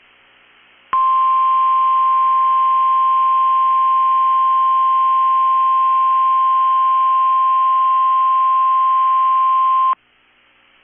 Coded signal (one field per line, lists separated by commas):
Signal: Emergency Alert System (SAME) tones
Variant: 1050 Hz attention tone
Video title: 10/26/22 - KEC65 Required Weekly Test (EAS #677)